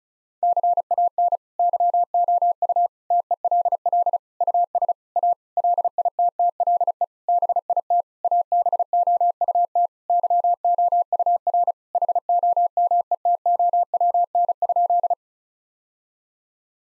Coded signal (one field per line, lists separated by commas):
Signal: Morse code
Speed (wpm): 34 wpm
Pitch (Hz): 700 Hz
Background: none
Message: CAN YOU TELL US A LITTLE BIT ABOUT YOUR HOMETOWN?